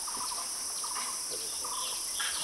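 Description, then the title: Bird song of short repeated chattering notes over a loud steady high insect drone. "burung online"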